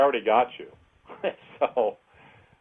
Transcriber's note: laughs